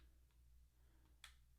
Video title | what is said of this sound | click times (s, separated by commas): Galaxy Z Fold 5 Must Have Accessories: S Pen Case, Galaxy Watch 6, & More | and it snaps right into play | 1.2 s